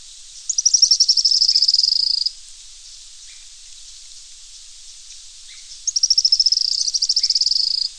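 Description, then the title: Araucaria tit-spinetail calling twice, each a high, rapid, slightly descending trill of about two seconds, separated by a pause of several seconds with faint ticks between. "LuckyPassaro Completos2Sama. Araucaria Tit-Spinetail (Leptasthenura setaria)"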